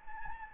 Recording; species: mosquito wingbeat signal from an infrared sensor; Anopheles gambiae